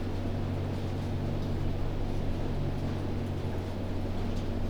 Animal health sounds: poultry house recording; no chicken sound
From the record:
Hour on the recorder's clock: 23

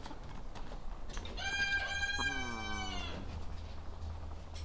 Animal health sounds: poultry house recording; sick chickens (respiratory disease)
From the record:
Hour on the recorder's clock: 17

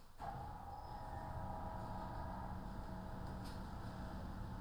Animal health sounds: poultry house recording; no chicken sound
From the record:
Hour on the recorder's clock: 13

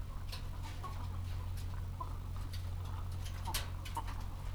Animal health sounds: poultry house recording; sick chickens (respiratory disease)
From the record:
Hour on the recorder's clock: 14

